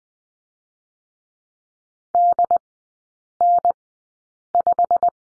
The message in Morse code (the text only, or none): DN5